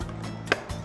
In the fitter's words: let's get our whisking attachment punch it in do you hear a click